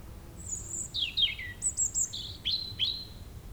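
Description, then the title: European robin song, a run of thin high whistles and sliding notes, some descending, phrases tumbling quickly with short gaps; faint low background hum. Sung at sunset on the shore of Lac du Bourget near the chapel, Brison-Saint-Innocent, France, with the nearby road closed to traffic and the area quiet. "28 Chem. de la Chapelle, Brison-Saint-Innocent, France - rouge-gorge."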